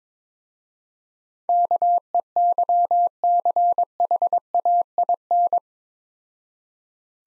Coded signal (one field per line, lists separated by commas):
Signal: Morse code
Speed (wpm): 22 wpm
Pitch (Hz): 700 Hz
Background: none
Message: KEYCHAIN